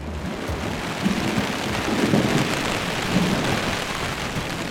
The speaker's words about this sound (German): Vor einer halben Stunde war es noch total windstill und jetzt das hier. Und jetzt brettert hier der Wind und der Regen gegen das Zelt und drückt das total platt.